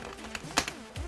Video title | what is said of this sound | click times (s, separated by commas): THE SUICIDE SQUAD (King Shark NANAUE BaF Complete Set) McFarlane Toys UNBOXING and REVIEW | there we go that time it seems like it clicked okay | 0.6 s